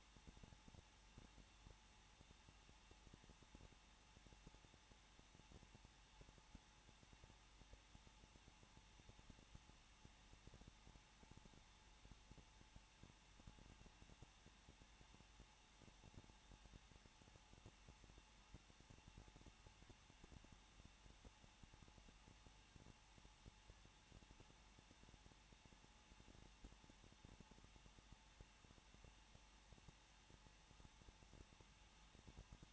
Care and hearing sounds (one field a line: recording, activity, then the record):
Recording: daily activity, microphone in the room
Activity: no activity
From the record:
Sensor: 1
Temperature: 20.1 degrees Celsius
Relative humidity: 39.2%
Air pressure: 1006.3 hPa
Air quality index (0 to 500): 218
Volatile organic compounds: 77 ppm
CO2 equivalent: 3585 ppm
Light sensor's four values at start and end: 1/2/1/1 and 1/2/1/1